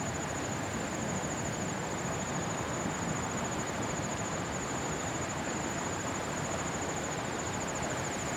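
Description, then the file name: Kawarasuzu cricket trill, high and continuous with a subtle beating rhythm, heard over a steady wash of noise. "150928-173405 kawarasuzu"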